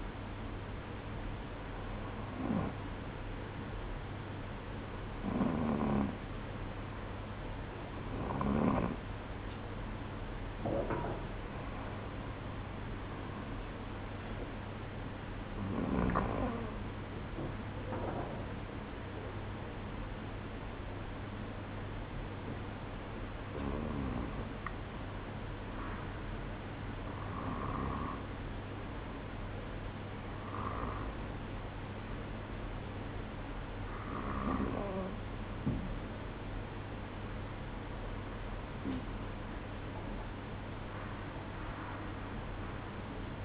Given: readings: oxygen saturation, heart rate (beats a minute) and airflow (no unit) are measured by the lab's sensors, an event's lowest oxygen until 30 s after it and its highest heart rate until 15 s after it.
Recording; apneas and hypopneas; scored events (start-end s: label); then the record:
breathing in sleep by a voice recorder at the bedside; none
none scored
From the record:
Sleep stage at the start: N1 (lightest sleep); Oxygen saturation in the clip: 94 to 95%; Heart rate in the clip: 56 to 58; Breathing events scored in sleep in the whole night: 305 in 9.6 hours asleep